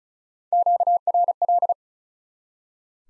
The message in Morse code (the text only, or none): QRL